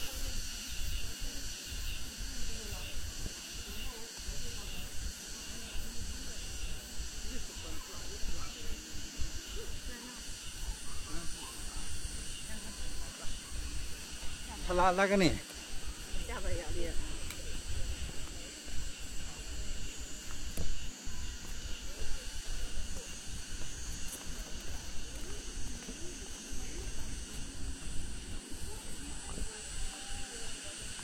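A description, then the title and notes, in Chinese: Cicadas drone steadily after rain at Nanjing's Ming Xiaoling Mausoleum, a dense high buzz over low rumble, with a brief rising call near fifteen seconds. 南京明孝陵的雨后蝉鸣。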